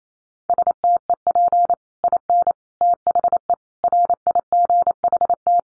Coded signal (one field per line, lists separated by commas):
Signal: Morse code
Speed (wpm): 28 wpm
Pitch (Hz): 700 Hz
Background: none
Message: STEP IN THE RIGHT